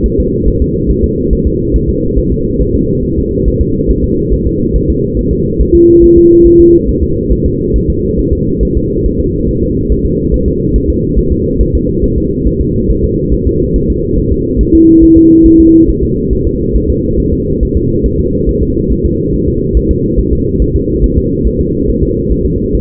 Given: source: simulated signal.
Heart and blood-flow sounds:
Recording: fetal heart sounds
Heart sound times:
0.06 s: S1
0.20 s: S2
0.48 s: S1
0.62 s: S2
0.91 s: S1
1.04 s: S2
1.33 s: S1
1.47 s: S2
1.76 s: S1
1.89 s: S2
2.19 s: S1
2.32 s: S2
2.61 s: S1
2.75 s: S2
3.05 s: S1
3.18 s: S2
3.48 s: S1
3.61 s: S2
3.91 s: S1
4.04 s: S2
4.33 s: S1
4.47 s: S2
4.76 s: S1
4.90 s: S2
5.19 s: S1
5.33 s: S2
5.61 s: S1
5.75 s: S2
6.04 s: S1
6.18 s: S2
6.47 s: S1
6.60 s: S2
6.89 s: S1
7.03 s: S2
7.32 s: S1
7.46 s: S2
7.76 s: S1
7.90 s: S2
8.19 s: S1
8.33 s: S2
8.63 s: S1
8.77 s: S2
9.06 s: S1
9.20 s: S2
9.49 s: S1
9.63 s: S2
9.92 s: S1
10.05 s: S2
10.34 s: S1
10.48 s: S2
10.76 s: S1
10.90 s: S2
11.19 s: S1
11.32 s: S2
11.61 s: S1
11.75 s: S2
12.04 s: S1
12.18 s: S2
12.47 s: S1
12.61 s: S2
12.91 s: S1
13.04 s: S2
13.33 s: S1
13.47 s: S2
13.76 s: S1
13.90 s: S2
14.19 s: S1
14.32 s: S2
14.61 s: S1
14.75 s: S2
15.03 s: S1
15.17 s: S2
15.46 s: S1
15.60 s: S2
15.90 s: S1
16.03 s: S2
16.33 s: S1
16.47 s: S2
16.76 s: S1
16.90 s: S2
17.20 s: S1
17.33 s: S2
17.63 s: S1
17.77 s: S2
18.06 s: S1
18.20 s: S2
18.49 s: S1
18.63 s: S2
18.92 s: S1
19.05 s: S2
19.34 s: S1
19.48 s: S2
19.77 s: S1
19.91 s: S2
20.19 s: S1
20.33 s: S2
20.62 s: S1
20.76 s: S2
21.04 s: S1
21.18 s: S2
21.47 s: S1
21.61 s: S2
21.89 s: S1
22.03 s: S2
22.32 s: S1
22.46 s: S2
22.75 s: S1
From the record:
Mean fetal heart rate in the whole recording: 140 bpm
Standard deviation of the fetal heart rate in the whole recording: 2 bpm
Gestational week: 34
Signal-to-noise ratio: -14.7 dB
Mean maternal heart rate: 72 bpm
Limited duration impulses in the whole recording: present

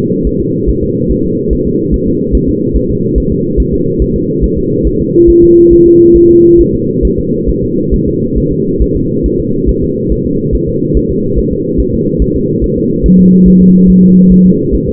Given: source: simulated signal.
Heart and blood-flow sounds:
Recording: fetal heart sounds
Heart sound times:
0.27 s: S1
0.41 s: S2
0.70 s: S1
0.84 s: S2
1.11 s: S1
1.26 s: S2
1.53 s: S1
1.67 s: S2
1.94 s: S1
2.08 s: S2
2.35 s: S1
2.49 s: S2
2.76 s: S1
2.91 s: S2
3.18 s: S1
3.32 s: S2
3.60 s: S1
3.74 s: S2
4.02 s: S1
4.16 s: S2
4.44 s: S1
4.58 s: S2
4.87 s: S1
5.01 s: S2
5.30 s: S1
5.44 s: S2
5.73 s: S1
5.87 s: S2
6.17 s: S1
6.31 s: S2
6.61 s: S1
6.75 s: S2
7.05 s: S1
7.19 s: S2
7.49 s: S1
7.64 s: S2
7.94 s: S1
8.08 s: S2
8.38 s: S1
8.52 s: S2
8.82 s: S1
8.96 s: S2
9.26 s: S1
9.40 s: S2
9.69 s: S1
9.84 s: S2
10.12 s: S1
10.26 s: S2
10.55 s: S1
10.69 s: S2
10.97 s: S1
11.11 s: S2
11.39 s: S1
11.53 s: S2
11.80 s: S1
11.94 s: S2
12.22 s: S1
12.36 s: S2
12.64 s: S1
12.78 s: S2
13.06 s: S1
13.20 s: S2
13.48 s: S1
13.62 s: S2
13.90 s: S1
14.04 s: S2
14.32 s: S1
14.46 s: S2
14.75 s: S1
14.89 s: S2
From the record:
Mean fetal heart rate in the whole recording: 140 bpm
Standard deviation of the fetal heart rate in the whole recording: 2 bpm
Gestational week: 34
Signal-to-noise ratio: -11.2 dB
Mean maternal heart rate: 72 bpm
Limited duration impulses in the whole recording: present

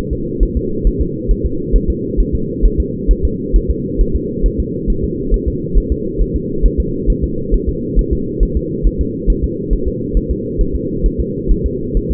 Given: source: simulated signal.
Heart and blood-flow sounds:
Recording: fetal heart sounds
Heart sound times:
0.13 s: S2
0.43 s: S1
0.57 s: S2
0.87 s: S1
1.01 s: S2
1.31 s: S1
1.45 s: S2
1.76 s: S1
1.90 s: S2
2.20 s: S1
2.35 s: S2
2.65 s: S1
2.80 s: S2
3.11 s: S1
3.25 s: S2
3.56 s: S1
3.70 s: S2
4.01 s: S1
4.16 s: S2
4.46 s: S1
4.60 s: S2
4.90 s: S1
5.04 s: S2
5.34 s: S1
5.48 s: S2
5.78 s: S1
5.92 s: S2
6.21 s: S1
6.36 s: S2
6.66 s: S1
6.80 s: S2
7.10 s: S1
7.24 s: S2
7.54 s: S1
7.69 s: S2
7.99 s: S1
8.13 s: S2
8.43 s: S1
8.57 s: S2
8.86 s: S1
9.01 s: S2
9.30 s: S1
9.44 s: S2
9.73 s: S1
9.88 s: S2
10.17 s: S1
10.31 s: S2
10.61 s: S1
10.75 s: S2
11.06 s: S1
11.20 s: S2
11.51 s: S1
11.66 s: S2
11.97 s: S1
12.11 s: S2
From the record:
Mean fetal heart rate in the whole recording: 135 bpm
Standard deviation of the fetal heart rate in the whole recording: 3 bpm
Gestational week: 36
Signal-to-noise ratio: -6.6 dB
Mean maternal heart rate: 72 bpm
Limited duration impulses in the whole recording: present

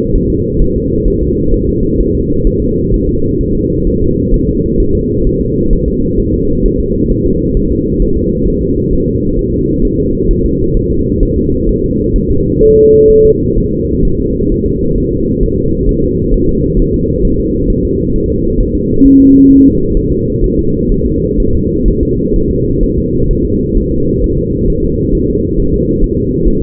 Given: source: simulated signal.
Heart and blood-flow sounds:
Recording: fetal heart sounds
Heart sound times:
0.16 s: S1
0.30 s: S2
0.62 s: S1
0.76 s: S2
1.08 s: S1
1.22 s: S2
1.54 s: S1
1.69 s: S2
2.00 s: S1
2.15 s: S2
2.47 s: S1
2.62 s: S2
2.94 s: S1
3.09 s: S2
3.41 s: S1
3.55 s: S2
3.87 s: S1
4.02 s: S2
4.34 s: S1
4.49 s: S2
4.80 s: S1
4.95 s: S2
5.27 s: S1
5.41 s: S2
5.73 s: S1
5.88 s: S2
6.19 s: S1
6.34 s: S2
6.66 s: S1
6.80 s: S2
7.11 s: S1
7.26 s: S2
7.57 s: S1
7.72 s: S2
8.02 s: S1
8.17 s: S2
8.48 s: S1
8.62 s: S2
8.93 s: S1
9.08 s: S2
9.39 s: S1
9.54 s: S2
9.85 s: S1
10.00 s: S2
10.31 s: S1
10.46 s: S2
10.77 s: S1
10.92 s: S2
11.23 s: S1
11.38 s: S2
11.69 s: S1
11.84 s: S2
12.16 s: S1
12.31 s: S2
12.63 s: S1
12.78 s: S2
13.10 s: S1
13.25 s: S2
13.58 s: S1
13.72 s: S2
14.05 s: S1
14.20 s: S2
14.52 s: S1
14.66 s: S2
14.98 s: S1
15.13 s: S2
15.44 s: S1
15.58 s: S2
15.89 s: S1
16.04 s: S2
16.34 s: S1
16.49 s: S2
16.80 s: S1
16.94 s: S2
17.25 s: S1
17.40 s: S2
17.70 s: S1
17.85 s: S2
18.15 s: S1
18.30 s: S2
18.61 s: S1
18.75 s: S2
19.06 s: S1
19.20 s: S2
19.51 s: S1
19.66 s: S2
19.97 s: S1
20.12 s: S2
20.44 s: S1
20.59 s: S2
20.92 s: S1
21.06 s: S2
21.40 s: S1
21.55 s: S2
21.88 s: S1
22.03 s: S2
22.36 s: S1
22.51 s: S2
22.84 s: S1
22.98 s: S2
23.31 s: S1
23.45 s: S2
23.77 s: S1
23.92 s: S2
24.24 s: S1
24.39 s: S2
24.70 s: S1
24.84 s: S2
25.15 s: S1
25.30 s: S2
25.59 s: S1
25.74 s: S2
26.04 s: S1
26.18 s: S2
26.48 s: S1
26.62 s: S2
From the record:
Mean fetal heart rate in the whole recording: 130 bpm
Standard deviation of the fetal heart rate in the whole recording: 4 bpm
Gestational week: 38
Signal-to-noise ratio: -15.3 dB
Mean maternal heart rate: 72 bpm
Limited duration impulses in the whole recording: present

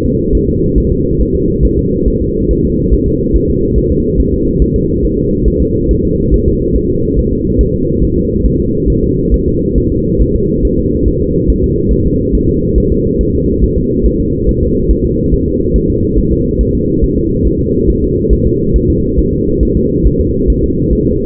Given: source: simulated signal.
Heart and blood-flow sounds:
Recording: fetal heart sounds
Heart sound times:
0.06 s: S2
0.35 s: S1
0.49 s: S2
0.78 s: S1
0.92 s: S2
1.21 s: S1
1.35 s: S2
1.65 s: S1
1.79 s: S2
2.08 s: S1
2.22 s: S2
2.51 s: S1
2.65 s: S2
2.94 s: S1
3.08 s: S2
3.36 s: S1
3.50 s: S2
3.78 s: S1
3.92 s: S2
4.20 s: S1
4.34 s: S2
4.62 s: S1
4.76 s: S2
5.05 s: S1
5.19 s: S2
5.48 s: S1
5.62 s: S2
5.91 s: S1
6.05 s: S2
6.34 s: S1
6.48 s: S2
6.76 s: S1
6.90 s: S2
7.19 s: S1
7.33 s: S2
7.61 s: S1
7.75 s: S2
8.03 s: S1
8.17 s: S2
8.46 s: S1
8.60 s: S2
8.90 s: S1
9.04 s: S2
9.34 s: S1
9.48 s: S2
9.78 s: S1
9.92 s: S2
10.22 s: S1
10.36 s: S2
10.65 s: S1
10.79 s: S2
11.08 s: S1
11.22 s: S2
11.50 s: S1
11.64 s: S2
11.93 s: S1
12.07 s: S2
12.35 s: S1
12.49 s: S2
12.78 s: S1
12.92 s: S2
13.21 s: S1
13.35 s: S2
13.64 s: S1
13.78 s: S2
14.06 s: S1
14.20 s: S2
14.49 s: S1
14.63 s: S2
14.91 s: S1
15.05 s: S2
15.34 s: S1
15.48 s: S2
15.76 s: S1
15.90 s: S2
16.18 s: S1
16.32 s: S2
16.61 s: S1
16.75 s: S2
17.04 s: S1
17.18 s: S2
17.47 s: S1
17.61 s: S2
17.90 s: S1
18.04 s: S2
18.33 s: S1
18.47 s: S2
18.76 s: S1
18.90 s: S2
19.19 s: S1
19.33 s: S2
19.63 s: S1
19.77 s: S2
20.06 s: S1
20.21 s: S2
20.50 s: S1
20.64 s: S2
20.93 s: S1
21.07 s: S2
From the record:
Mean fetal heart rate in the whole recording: 140 bpm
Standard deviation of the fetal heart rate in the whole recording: 2 bpm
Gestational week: 34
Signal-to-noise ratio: -10.2 dB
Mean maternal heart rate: 72 bpm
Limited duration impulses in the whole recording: present

